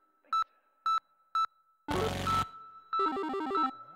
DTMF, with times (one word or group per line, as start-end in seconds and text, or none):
none